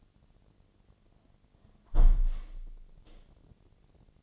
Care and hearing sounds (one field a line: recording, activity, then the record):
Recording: daily activity, microphone in the room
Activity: close window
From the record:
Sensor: 4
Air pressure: 1007.2 hPa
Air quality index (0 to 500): 184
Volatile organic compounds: 5 ppm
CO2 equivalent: 1835 ppm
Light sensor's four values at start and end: 23/73/28/27 and 23/73/28/27